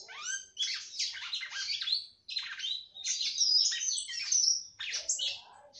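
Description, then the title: Red-cowled cardinal singing a lively stream of sweeping whistles and chattering notes in several quick phrases, broken by brief pauses. "Galo De Campina"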